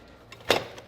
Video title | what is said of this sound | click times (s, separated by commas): Chevy Exhaust tips can’t handle the Rotary Power! | Snaps into place right there. | 0.5 s